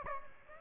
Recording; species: mosquito wingbeat signal from an infrared sensor; Aedes aegypti